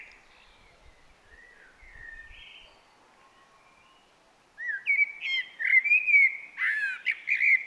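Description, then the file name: Common blackbird: quiet whistles at first, then after four seconds a loud, lively phrase of fluted notes and sharp high squeaky flourishes. "Turdus merula"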